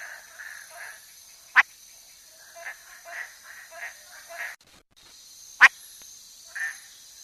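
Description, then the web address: Frog calls as brief nasal notes in loose series, broken by two sharp snapping clicks and a short gap, over a continuous high-pitched insect drone. Frog of the Ecuadorian Amazon, South America. "Natures Songs. Frogs of Ecuadorian Amazon Hyla calcarata"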